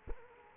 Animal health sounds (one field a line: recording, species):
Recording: mosquito wingbeat signal from an infrared sensor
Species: Culex quinquefasciatus